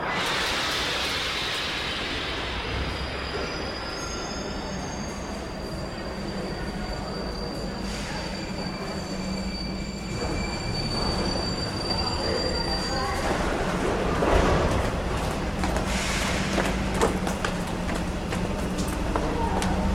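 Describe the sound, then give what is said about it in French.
A new model of metro train rumbles steadily along the rails, with sustained high-pitched wheel squeal tones over a continuous low drone, swelling louder with clattering bursts toward the end. “un nouveau modèle de métro.”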